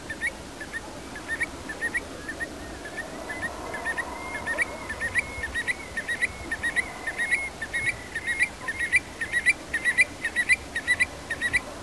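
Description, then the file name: Eurasian stone-curlew calls: rapid repeated short whistled notes about twice a second, with a drawn-out steady whistle in the middle, over a soft background hiss. "occhione"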